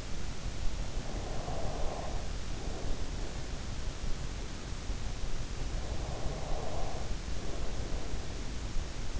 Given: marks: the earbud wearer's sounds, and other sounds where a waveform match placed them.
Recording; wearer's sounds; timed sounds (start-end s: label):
sounds in sleep by an in-ear microphone; breath
0.96-4.38 s: breath
5.52-9.20 s: breath